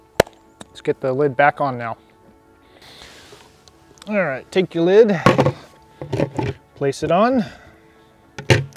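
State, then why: Not seated. A gasketed plastic lid is set on a 5-gallon plastic food bucket rim and pushed down lightly while someone talks. Dull thunks are heard, including a sharp one at about 0.2 s and a loud one near 8.5 s. A light push alone does not snap it on, and the lid has not latched or clicked yet.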